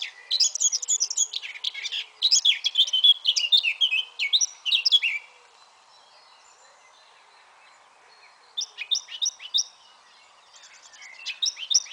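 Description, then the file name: Eurasian blackcap song: two loud warbled phrases in the first five seconds, a quiet gap, then short, fragmented bursts of warbling. "Sylvia atricapilla"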